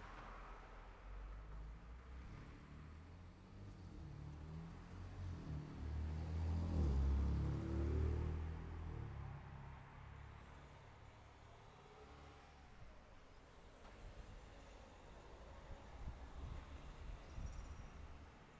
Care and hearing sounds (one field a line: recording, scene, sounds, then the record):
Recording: everyday scene through a hearing-aid microphone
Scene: in traffic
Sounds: traffic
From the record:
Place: city secondary road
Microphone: behind the ear, left, rear